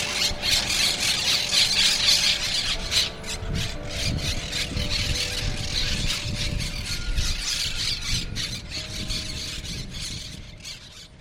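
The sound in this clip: Monk parakeets give harsh, grating chatter, densest over the first three seconds, then a steadier rasping din with a low hum and rumble underneath.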